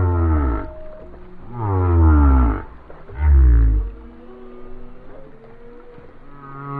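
Whale song of three heavy, buzzy groans in quick succession, each sliding downward, then quieter wavering moans and rumble.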